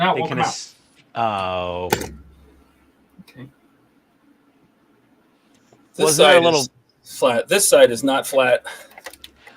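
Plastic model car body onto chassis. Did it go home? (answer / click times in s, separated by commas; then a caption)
yes / 9.2 s. Someone talks while a plastic scale-model car body is pressed onto its chassis. Near the end comes a short burst of small clicks, the strongest at 9.2 s, as the body clicks firmly into place on the chassis.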